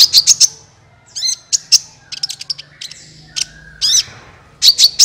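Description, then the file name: Van Hasselt's sunbird giving quick clusters of piercing high chirps and short trills. "suara kolibri ninja"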